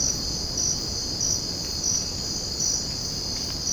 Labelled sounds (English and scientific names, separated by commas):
none